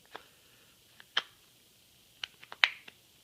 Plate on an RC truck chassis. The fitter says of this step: and it should pop into place and looks similar to that